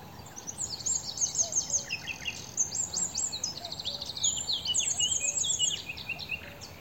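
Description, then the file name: Eurasian wren song, a rapid run of high, thin trills and sharp notes, bursts changing pitch quickly and overlapping in dense sequences, with faint lower bird notes behind. "Troglodytes troglodytes"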